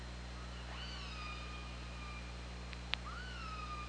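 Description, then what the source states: Killer whale calls: a long level harmonic squeal, sharp clicks, then another call rising and flattening, all over a low steady drone. Recorded on the OrcaLab hydrophone, 24 August 2017 at 21:34.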